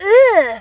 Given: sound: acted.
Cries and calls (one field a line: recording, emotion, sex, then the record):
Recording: nonverbal affect burst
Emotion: disgust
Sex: female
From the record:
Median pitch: 391 Hz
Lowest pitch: 185 Hz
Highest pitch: 545 Hz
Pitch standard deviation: 115 Hz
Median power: 78.9 dB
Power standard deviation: 8.8 dB